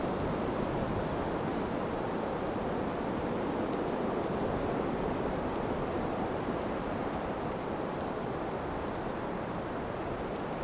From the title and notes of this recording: Chants du Vent. La force vivifiante du vent dans la nature.